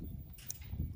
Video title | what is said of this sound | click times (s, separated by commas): Our KW W900 gets LED Lights! Install & Review of Amazon LEDs | and you hear the little click and now they won't come out | 0.5 s